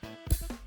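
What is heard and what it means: The original ball clip from a Home Depot life-size Stormtrooper animatronic, held the opposite way, has its small ball slipped slowly into a 3D-printed pole fitting. It snaps in with a sharp click at 0.3 s over background music, and the clip is seated.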